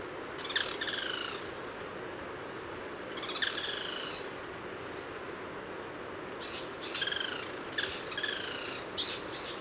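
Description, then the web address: Cocos flycatcher calling: a series of short, bright, harmonic notes, some in quick pairs, given at irregular intervals over a steady background hiss. Recorded on Cocos Island. "isla del coco. nesotriccus ridgwayi"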